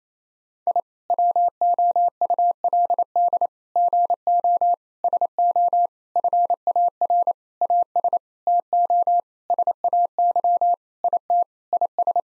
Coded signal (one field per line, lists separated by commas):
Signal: Morse code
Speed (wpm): 28 wpm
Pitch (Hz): 700 Hz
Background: none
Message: I WOULD GO SO FAR AS TO SAY IT IS